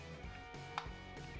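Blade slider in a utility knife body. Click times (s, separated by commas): 0.8 s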